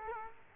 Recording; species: mosquito wingbeat signal from an infrared sensor; Culex quinquefasciatus